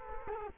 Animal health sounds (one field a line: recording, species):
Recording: mosquito wingbeat signal from an infrared sensor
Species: Culex quinquefasciatus